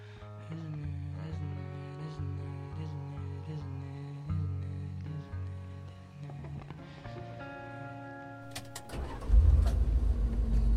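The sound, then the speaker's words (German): A car drives along with a steady, low engine drone and a humming, tonal whine, swelling into a louder rumbling surge near the end. “Wo fahren wir hin?”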